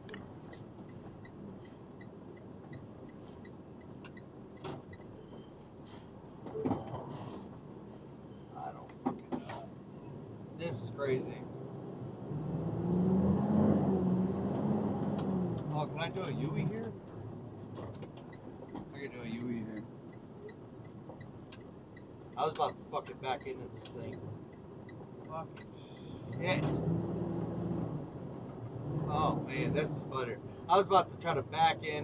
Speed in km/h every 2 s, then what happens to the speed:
15, 10, 8, 2, 0, 2, 10, 21, 23, 18, 16, 15, 15, 15, 18, 18.
0-6 slows to 2. 6-10 standing. 10-14 pulls away to 21. 14-21 slows to 15. 21-32 steady at about 15.